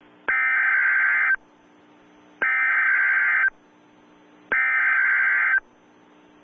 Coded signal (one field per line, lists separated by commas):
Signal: Emergency Alert System (SAME) tones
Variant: header bursts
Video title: A Nuclear Missile EAS: Scenario 1,000 Nukes